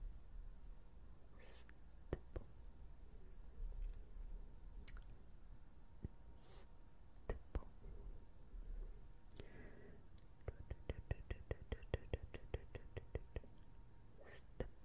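A brush sweeps over a face in soft, airy strokes that come every few seconds, bright and hissy, with scattered sharp clicks between them. From about ten seconds on, quick regular taps run for several seconds over a low, steady rumble.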